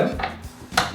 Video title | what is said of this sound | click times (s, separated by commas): How to assemble an eFoil (Lift eFoil Unboxing) | and there you go don't force it it should always click really nicely now we're all done | 0.8 s